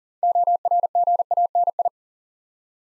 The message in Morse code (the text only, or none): ORGANI